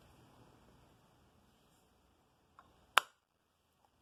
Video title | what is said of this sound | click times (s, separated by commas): Threading my P-1250 Singer | that guy's been clicked back into place i can now sew normally with him | 3.0 s